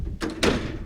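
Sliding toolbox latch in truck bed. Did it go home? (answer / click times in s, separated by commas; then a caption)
yes / 0.4 s. A sliding toolbox in a truck bed is pushed home, giving a softer knock at 0.2 s and then a loud, deep thunk at 0.4 s as its latch engages. The toolbox is now locked in place.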